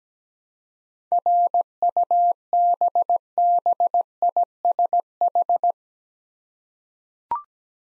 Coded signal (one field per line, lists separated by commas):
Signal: Morse code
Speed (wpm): 17 wpm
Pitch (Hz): 700 Hz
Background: none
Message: RUBBISH